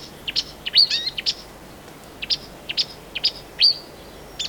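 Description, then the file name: Marsh warbler giving scattered sharp high chips and short whistled notes, spaced irregularly with quiet gaps between them. "Marsh Warbler (Acrocephalus palustris)"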